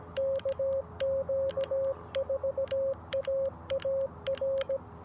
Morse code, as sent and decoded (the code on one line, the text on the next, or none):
-.- --.- ....- .- .- .-.
KQ4AAR